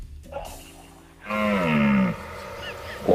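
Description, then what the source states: Red deer roaring, a single drawn-out bellow lasting under a second that falls slightly in pitch, after a quieter stretch. Rutting roar (berrea).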